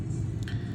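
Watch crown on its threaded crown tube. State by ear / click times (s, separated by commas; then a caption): released / 0.4 s, 0.5 s. A screw-down watch crown is unscrewed from its threaded crown tube until it disengages and comes free. Two small clicks at 0.4 s and 0.5 s mark it coming off the threads, over a steady low hum. The crown is released from the tube.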